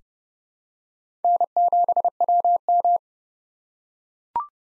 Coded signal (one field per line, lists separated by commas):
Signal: Morse code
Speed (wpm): 30 wpm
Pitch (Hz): 700 Hz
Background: none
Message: N7WM